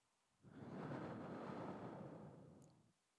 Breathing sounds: one breath near a microphone; exhalation

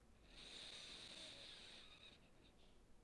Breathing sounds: one breath near a microphone; inhalation

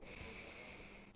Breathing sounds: one breath near a microphone; inhalation

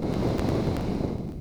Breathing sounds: one breath near a microphone; exhalation

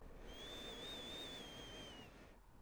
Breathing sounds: one breath near a microphone; inhalation

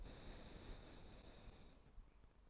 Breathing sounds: one breath near a microphone; exhalation

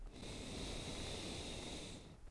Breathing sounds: one breath near a microphone; exhalation

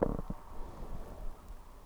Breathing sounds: one breath near a microphone; inhalation

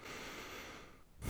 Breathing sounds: one breath near a microphone; inhalation

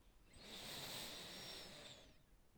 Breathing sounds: one breath near a microphone; inhalation

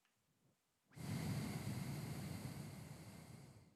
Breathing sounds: one breath near a microphone; exhalation

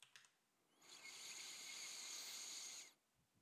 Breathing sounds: one breath near a microphone; inhalation

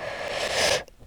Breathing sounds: one breath near a microphone; inhalation

